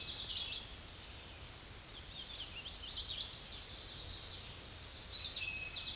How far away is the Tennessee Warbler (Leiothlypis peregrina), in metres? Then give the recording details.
about 35 m. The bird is about 5 m above the microphone. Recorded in a Pennsylvania forest on 16 May 2024 at 07:17. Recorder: AudioMoth, point MSD-2349. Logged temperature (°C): 15.8 °C. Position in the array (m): 23 m, 45 m